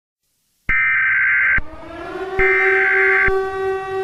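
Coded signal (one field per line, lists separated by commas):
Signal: Emergency Alert System (SAME) tones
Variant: header bursts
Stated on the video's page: Fictional EAS scenario, simulated rather than a real alert.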